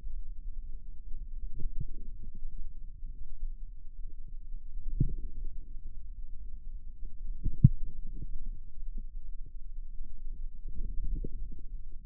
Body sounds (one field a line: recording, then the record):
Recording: forearm muscle sounds (acoustic myography)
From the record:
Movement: radial deviation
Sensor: system 2, bracelet of six BSWA MPA416 microphones around the upper forearm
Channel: 4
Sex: female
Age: 23 years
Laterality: right